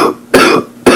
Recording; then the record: coughing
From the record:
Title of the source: Coughing 77